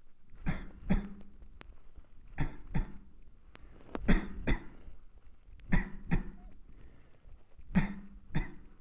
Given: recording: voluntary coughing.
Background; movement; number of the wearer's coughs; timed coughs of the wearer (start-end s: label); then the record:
quiet; sitting; 10
0.46-0.78 s: cough
0.88-1.27 s: cough
2.38-2.65 s: cough
2.73-3.06 s: cough
4.06-4.34 s: cough
4.45-4.70 s: cough
5.70-5.98 s: cough
6.10-6.33 s: cough
7.73-8.05 s: cough
8.33-8.63 s: cough
From the record:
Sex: male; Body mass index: 23.7 kg/m2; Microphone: on the chest, facing the body